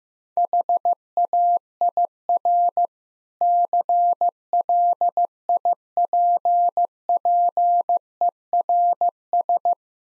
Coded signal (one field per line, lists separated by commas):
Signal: Morse code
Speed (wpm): 15 wpm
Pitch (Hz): 700 Hz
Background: none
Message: HAIR CLIPPERS